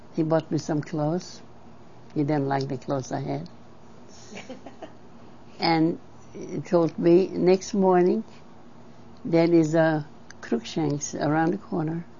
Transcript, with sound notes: he bought me some clothes. He didn't like the clothes I had. (laughs) And told me next morning there is a Cruickshank's around the corner